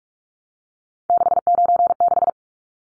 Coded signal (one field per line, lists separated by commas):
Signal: Morse code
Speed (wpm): 44 wpm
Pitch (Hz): 700 Hz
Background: none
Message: 696